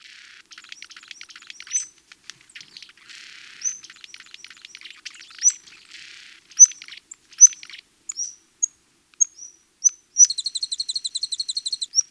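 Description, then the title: Hummingbird calls: very high, thin chips and squeaky twitters in an uneven series, ending with a fast buzzy rattle of repeated notes. "kolibri"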